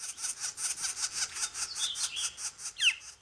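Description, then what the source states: Northern Flicker calls, a fast series of buzzy high pulses, with a sharp descending squeaky note near the end. Juvenile, recently fledged, calling from the ground; flickers fledge at three or four weeks old, almost as big as their parents.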